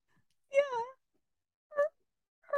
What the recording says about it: My dog's having a dream. Just little like hiccups. I really worried when she first started doing that. I was like, oh my god, she's dying. And I was like, no, it's normal.